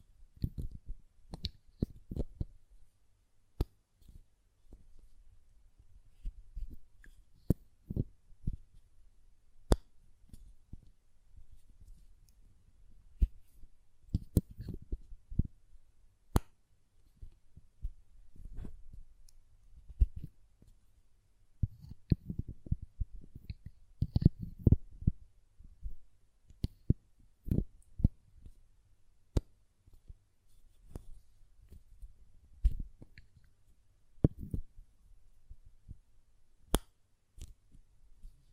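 Sharp glassy taps and clicks from a perfume bottle and its lid come in irregular bursts, with brief quiet gaps between clusters.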